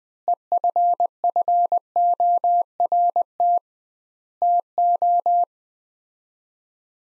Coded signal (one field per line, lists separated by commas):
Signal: Morse code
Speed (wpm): 20 wpm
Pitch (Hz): 700 Hz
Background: none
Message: EFFORT TO